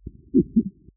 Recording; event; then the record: neck accelerometer signal played as sound; voluntary cough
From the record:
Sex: female